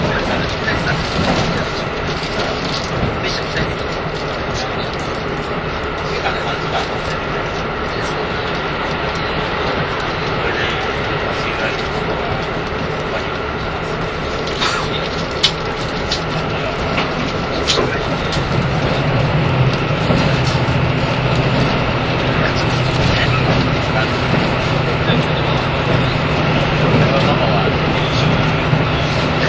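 A train runs with a steady, dense rumble and faint steady tones, swelling slightly louder after about eighteen seconds, with murmured voices beneath.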